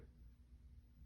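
A Quickcell QAir Buds wireless earbud is handled over its plastic charging case, where it is meant to be pulled in by magnets with a sharp click. Only faint low rumble and quiet handling noise are heard, with no distinct click. The earbud has not seated or clicked into the case yet.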